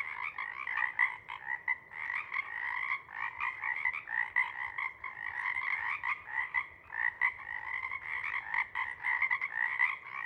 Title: Chorus Frogs, Chorus Waxes and Wanes, pre-morning-twilight